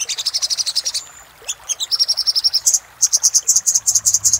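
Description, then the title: Little spiderhunter song: high chips, a brief thin whistle, then a rapid even series of piercing notes rising slightly in pitch. Master song for training cage birds. "Sogok Ontong Labaik"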